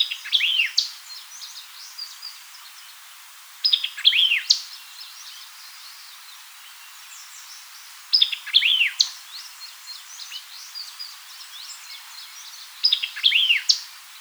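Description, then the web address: White-eyed vireo repeating its quick, choppy phrase of snapped notes and slurred whistles four times, with faint twittering between phrases. Recorded 4 January 2007. "White-eyed Vireo 2007 01 04"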